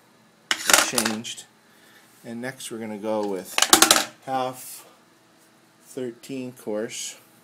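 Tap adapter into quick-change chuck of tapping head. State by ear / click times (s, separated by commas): not seated / none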